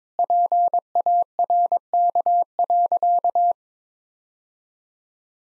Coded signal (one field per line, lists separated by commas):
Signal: Morse code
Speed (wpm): 22 wpm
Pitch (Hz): 700 Hz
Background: none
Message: PARK.